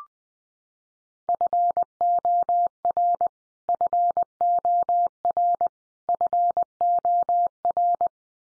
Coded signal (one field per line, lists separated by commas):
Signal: Morse code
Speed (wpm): 20 wpm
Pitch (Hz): 700 Hz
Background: none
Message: FOR FOR FOR